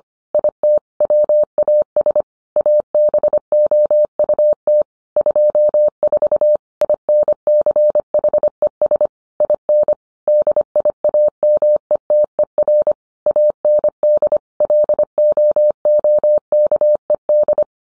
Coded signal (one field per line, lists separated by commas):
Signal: Morse code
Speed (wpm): 25 wpm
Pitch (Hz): 600 Hz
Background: none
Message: IT WAS ABOUT 24 INCHES IN DIAMETER AND LOOKED